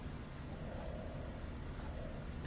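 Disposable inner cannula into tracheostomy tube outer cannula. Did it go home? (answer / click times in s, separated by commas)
no / none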